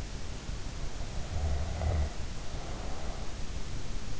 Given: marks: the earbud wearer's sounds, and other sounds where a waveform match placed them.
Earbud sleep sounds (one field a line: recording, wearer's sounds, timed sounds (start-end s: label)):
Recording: sounds in sleep by an in-ear microphone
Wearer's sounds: snoring breath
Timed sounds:
1.02-3.95 s: snoring breath